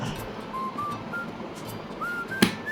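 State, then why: Seated. A plastic visor on an LS2 FF800 Storm helmet is pressed onto its side pivot mount on the helmet shell. Faint, steady whistle-like tones sit over a low background hiss. A single sharp, brief click at 2.4 s shows the visor snapping into place and seating.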